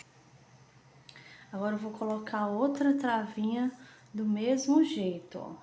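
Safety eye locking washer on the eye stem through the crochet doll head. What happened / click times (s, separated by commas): The plastic locking washer snapped home on its stem / 1.1 s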